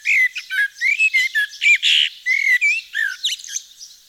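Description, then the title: Eurasian blackbird song, loud and continuous, with rich whistled notes mixed with squeaky, scratchy twitters throughout. Recorded in Nord, northern France. "Sylvain Jaskowiak - Mes piafs. Merle noir dans le Nord"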